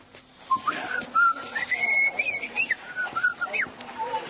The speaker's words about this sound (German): Und hör auf zu pfeifen.